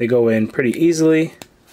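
A plastic toy rocket is handled at its slot on an action figure's plastic backpack while someone talks, and a faint tap sounds near 1.4 seconds. The clip ends before the rocket snaps into place, so nothing has seated yet.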